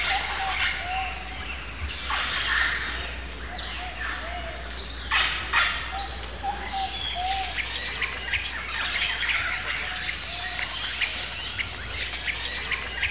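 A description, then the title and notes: Exotic birds chirp and call throughout a Guatemalan rainforest, with clear high whistles repeating every second or two and a low, steady hoot underneath. Dense rustling swells in bursts near two and five seconds, while a constant soft hiss fills the background. Sounds of the Guatemalan Rainforest. This episode features only ambient sounds with no dialogue or voice.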